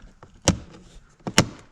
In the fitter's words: come here and then it just clicks